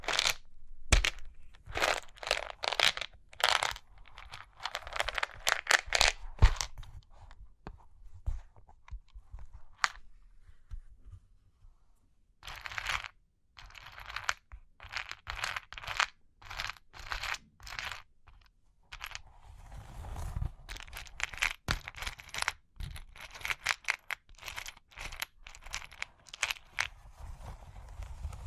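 Tapping and scratching on cork and wood come in quick, irregular bursts of sharp clicks and rough scraping, with short quiet gaps between runs. A long pause falls around ten seconds, then the scratching returns, denser and grittier toward the end.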